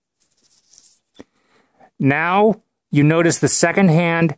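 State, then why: Released. The crown of a talking atomic wristwatch is pulled out to the hand-setting position, which stops the second hand. Faint clicks come at 0.7 and 0.8 s as the crown releases, and then someone talks.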